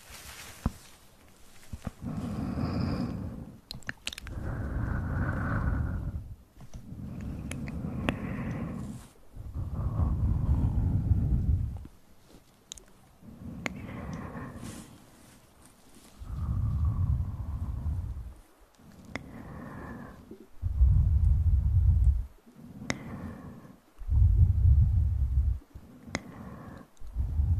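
Mouth sounds come in a long series of bursts, each about one to two seconds long with short quiet gaps between. The bursts are heavy and low, some carrying a breathy, whispery edge with faint rising tones, and a few sharp clicks fall in the pauses.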